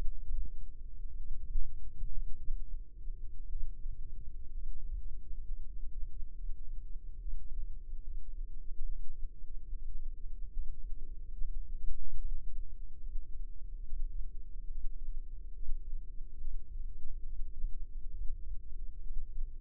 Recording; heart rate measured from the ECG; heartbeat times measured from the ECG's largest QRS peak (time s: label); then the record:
heart sounds by microphone in the left ear; 67 bpm
1.15 s: heartbeat
2.33 s: heartbeat
3.45 s: heartbeat
4.48 s: heartbeat
5.42 s: heartbeat
6.31 s: heartbeat
7.16 s: heartbeat
8.00 s: heartbeat
8.82 s: heartbeat
9.65 s: heartbeat
10.50 s: heartbeat
11.32 s: heartbeat
12.16 s: heartbeat
12.99 s: heartbeat
13.84 s: heartbeat
14.68 s: heartbeat
15.53 s: heartbeat
16.38 s: heartbeat
17.24 s: heartbeat
18.12 s: heartbeat
19.02 s: heartbeat
From the record:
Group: healthy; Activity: Valsalva maneuver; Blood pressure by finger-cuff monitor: 88/67 mmHg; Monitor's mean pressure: 72 mmHg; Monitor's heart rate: 71 bpm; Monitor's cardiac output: 4.2 L/min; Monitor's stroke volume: 63 mL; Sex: female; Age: 36 years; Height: 163 cm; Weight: 88 kg